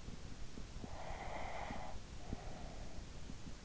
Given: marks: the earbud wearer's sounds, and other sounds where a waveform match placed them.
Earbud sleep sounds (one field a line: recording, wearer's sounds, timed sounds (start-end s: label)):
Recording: sounds in sleep by an in-ear microphone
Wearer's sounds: breath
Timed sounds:
0.35-3.53 s: breath